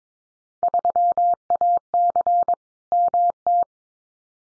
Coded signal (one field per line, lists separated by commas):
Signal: Morse code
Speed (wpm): 22 wpm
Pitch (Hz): 700 Hz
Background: none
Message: 3AC MT